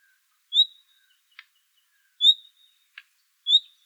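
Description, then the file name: Common nightingale gives three short, high whistles, the first two each followed by a soft dry tick. "Luscinia megarhynchos"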